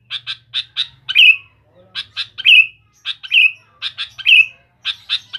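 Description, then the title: Sooty-headed bulbul song of quick, stacked chirps running into short, loud downward-sliding whistles, phrases repeating roughly once a second. "Kutilang"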